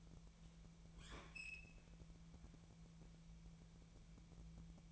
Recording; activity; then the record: daily activity, microphone in the room; open fridge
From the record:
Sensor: 1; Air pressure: 1000.1 hPa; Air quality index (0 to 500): 136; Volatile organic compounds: 2 ppm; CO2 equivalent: 1282 ppm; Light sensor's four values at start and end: 36/92/39/47 and 36/91/38/47